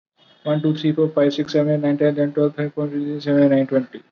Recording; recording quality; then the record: counting at a normal pace; excellent, no background noise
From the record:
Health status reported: recovered from COVID-19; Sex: male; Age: 24 years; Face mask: not worn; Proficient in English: yes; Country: India